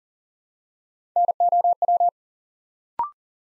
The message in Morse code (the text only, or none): NOW